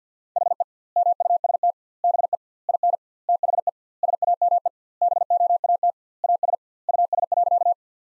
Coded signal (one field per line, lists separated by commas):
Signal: Morse code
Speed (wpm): 50 wpm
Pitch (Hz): 700 Hz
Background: none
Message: HE MUST BE IN THE SAME BOAT AS US.